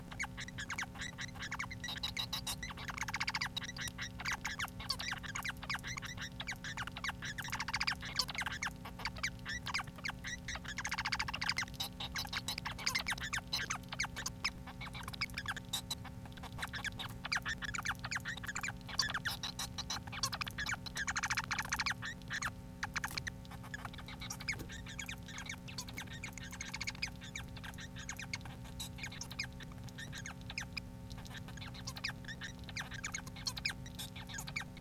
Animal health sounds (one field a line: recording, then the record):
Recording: song of a male Bengalese finch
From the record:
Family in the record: son of father 4